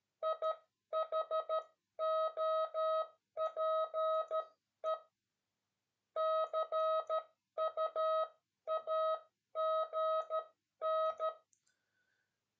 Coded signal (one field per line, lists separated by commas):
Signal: Morse code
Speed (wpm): 13 wpm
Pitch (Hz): 640 Hz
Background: none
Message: I HOPE CU AGN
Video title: S2CN - CÓDIGO MORSE 26 - ABREVIATURAS DE SERVICIO